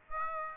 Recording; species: mosquito wingbeat signal from an infrared sensor; Aedes aegypti